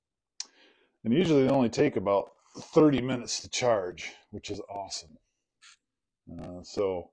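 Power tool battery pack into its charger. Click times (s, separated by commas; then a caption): 0.4 s. A large 56-volt EGO POWER+ 2.5 Ah battery pack for a 16-inch brushless battery chainsaw is slid onto its charger and latches into place with a single sharp click at 0.4 s. Someone then talks.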